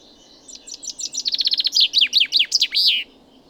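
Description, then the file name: Common chaffinch song: accelerating high chips, a rapid falling trill, then emphatic slurred notes and a closing flourish, over a soft steady background hiss. "Fringilla coelebs"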